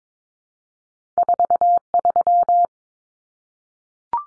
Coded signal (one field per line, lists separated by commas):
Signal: Morse code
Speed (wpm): 22 wpm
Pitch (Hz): 700 Hz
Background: none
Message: 43